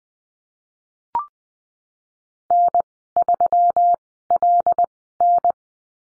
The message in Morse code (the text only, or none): N3LN